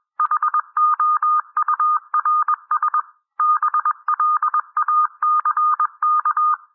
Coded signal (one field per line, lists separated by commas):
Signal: Morse code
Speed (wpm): 21 wpm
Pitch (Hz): 1220 Hz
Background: none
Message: HOURS BLACK